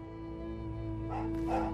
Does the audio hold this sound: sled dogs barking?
yes